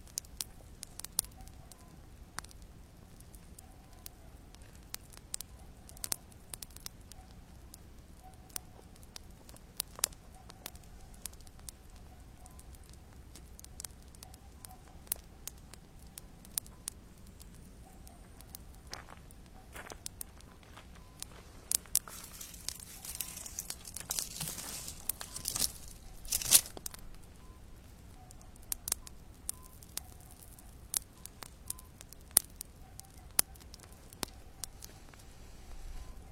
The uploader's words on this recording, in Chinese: 晚上平静的篝火声。